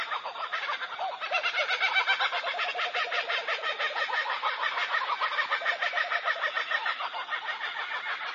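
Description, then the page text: Kookaburras cackling together, fast repeated hooting-chuckle notes forming an unbroken laughing chorus that swells early and then holds steady. Heard in the morning. "Утренние голоса - Кукабарра зимородковые"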